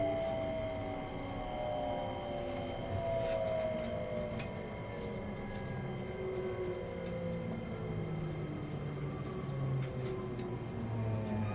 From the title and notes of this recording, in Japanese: E257系 あずさ19号03 甲府～松本。音の旅(走行音)。